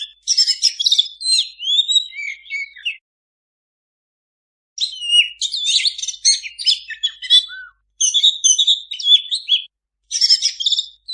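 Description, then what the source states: Oriental magpie-robin song in several lively bursts of mixed whistles, buzzy chirps and quick trills, separated by short silences. Master recording (masteran) of a vigorously singing (gacor) kacer, intended to be played for owners' kacer that do not sing (bisu).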